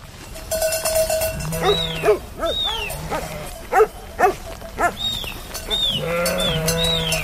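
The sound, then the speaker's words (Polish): A flock of over 600 sheep, herded by shepherds into a large pen on a mountain pasture above Białka Tatrzańska, Poland, for milking, bleats over and over, overlapping wavering calls at varied pitches rising and falling, with a faint steady ringing tone running underneath. “Juchasi i bacowie wcześniej zagonili owce do takiego dużego kojca.”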